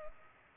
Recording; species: mosquito wingbeat signal from an infrared sensor; Culex pipiens